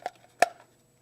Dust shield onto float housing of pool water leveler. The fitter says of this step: it's just a matter of reinstalling the dust shield which just snaps in place over the float